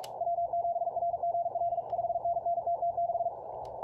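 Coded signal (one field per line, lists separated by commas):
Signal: Morse code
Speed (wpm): 42 wpm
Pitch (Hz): 690 Hz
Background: radio noise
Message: W7RGL 5NNTT6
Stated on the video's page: Morse Runner practice.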